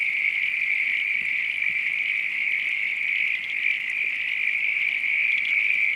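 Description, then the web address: Frogs calling together in a constant high trill, a smooth unbroken wall of sound with slight swells in loudness. Night countryside ambience. "Sound Effects-Foundation AMBIENCE NIGHT COUNTRY FROGS RAIN FARM ANIMALS LOOP"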